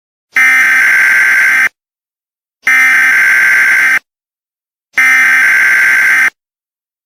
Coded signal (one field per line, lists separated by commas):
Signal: Emergency Alert System (SAME) tones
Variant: header bursts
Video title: EAS Scenario #2: The Tornado That Caused Chaos On Both Sides Of The Border.